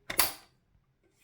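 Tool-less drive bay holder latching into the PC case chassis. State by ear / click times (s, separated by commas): seated / 0.1 s, 0.2 s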